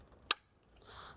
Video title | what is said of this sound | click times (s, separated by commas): BMW F30 335i Bulb Carrier Repair & Replacement DIY (2012-2018 BMW F30, F31, 320i, 328i, 330i, 340i) | four clicks that's installed | 0.3 s